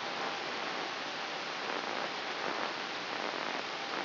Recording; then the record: brain microelectrode recording played as sound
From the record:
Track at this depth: inside the subthalamic nucleus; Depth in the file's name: 5.934 mm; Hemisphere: right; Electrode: 2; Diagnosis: Parkinson's disease